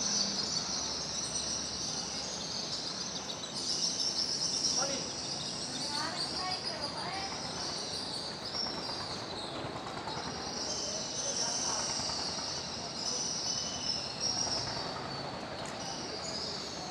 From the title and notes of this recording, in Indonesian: Suara dari anggota keluarga Burung Walet yang bersarang di sudut-sudut beton bawah Jembatan Pasar Sentral Pangkajene. Mereka terbang mengelilingi jembatan, mencari makanan di halaman dinding-dinding kotak perumahan, hingga di pasar terbuka dengan ribuan orang tiap harinya.